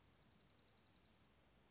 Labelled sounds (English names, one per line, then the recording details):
Dark-eyed Junco
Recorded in Sonoma County, California